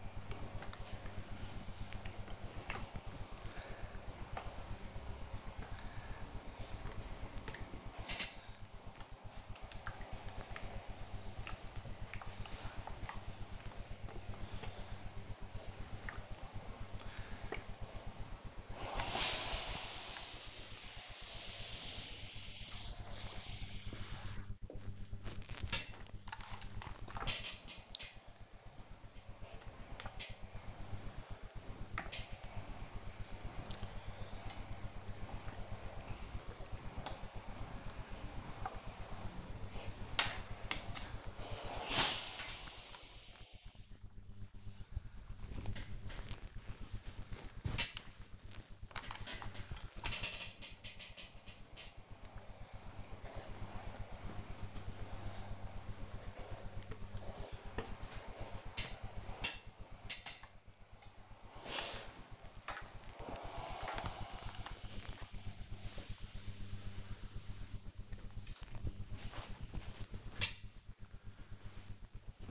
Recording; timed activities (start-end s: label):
household activities, microphone on the right wrist
0.00-68.45 s: ironing laundry